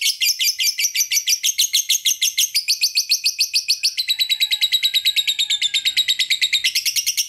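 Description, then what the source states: Lovebird long chatter: steady rapid harsh notes for over seven seconds, shifting in tone partway. Lure recording to make lovebirds sing; long chatter style called ngekek panjang, also ngetik.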